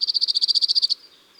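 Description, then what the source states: Cirl bunting giving a rapid, steady trill of many identical high notes that ends abruptly after about a second. Song recorded in April.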